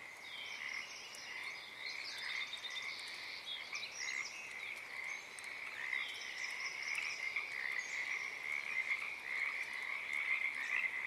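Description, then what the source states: Pacific tree frog chorus, a steady mass of overlapping croaks. Wild chorus starting and stopping, Oaks Bottom Wildlife Refuge, Portland, Oregon, USA, morning of Friday April 7 2023, uncommon at that time of day.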